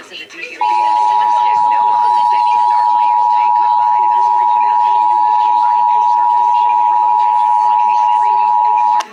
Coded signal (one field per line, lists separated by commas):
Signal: Emergency Alert System (SAME) tones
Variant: 853 and 960 Hz attention tone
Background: speech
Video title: A Wacky Wednesday? | EAS #6-14 | Required Monthly (RMT) and Weekly Tests (RWT) | May 20th, 2026